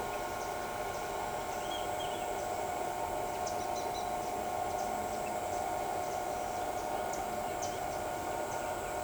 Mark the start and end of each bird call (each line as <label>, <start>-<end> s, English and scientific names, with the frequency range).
Black-bellied Whistling Duck (Dendrocygna autumnalis) (2.4-3.7 kHz), 1.59-2.22 s
White-whiskered Spinetail (Synallaxis candei) (3.0-7.1 kHz), 3.46-4.03 s